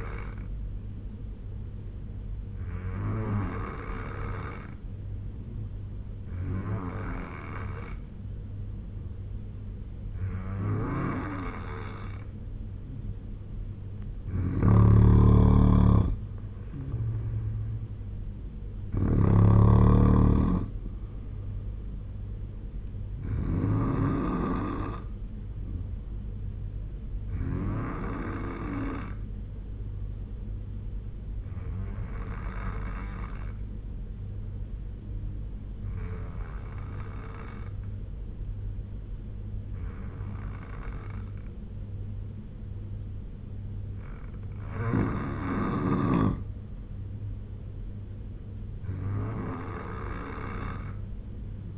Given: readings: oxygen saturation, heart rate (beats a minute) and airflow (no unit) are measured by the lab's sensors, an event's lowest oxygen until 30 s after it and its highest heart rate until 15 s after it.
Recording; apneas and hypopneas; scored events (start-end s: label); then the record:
breathing in sleep by a smartphone at the bedside; 1
30.00-47.80 s: hypopnea (N2, oxygen 94% highest, then 89% lowest, heart rate 72 at the start, 78 highest)
From the record:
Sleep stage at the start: N2 (light sleep); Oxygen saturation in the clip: 86 to 94%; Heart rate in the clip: 69 to 78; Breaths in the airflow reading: 9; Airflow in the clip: -5.9 to 3.5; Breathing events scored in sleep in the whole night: 201 in 6.5 hours asleep